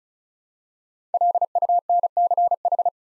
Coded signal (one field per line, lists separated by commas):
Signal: Morse code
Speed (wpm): 36 wpm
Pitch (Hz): 700 Hz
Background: none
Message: LUNCH